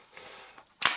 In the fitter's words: manhandled the front down until it clicks and we